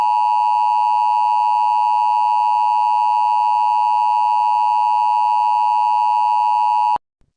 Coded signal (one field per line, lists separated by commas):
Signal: Emergency Alert System (SAME) tones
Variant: 853 and 960 Hz attention tone